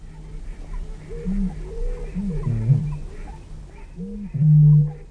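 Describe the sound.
Eurasian bittern booming: a few quieter low sounds, then a louder, longer boom near the end.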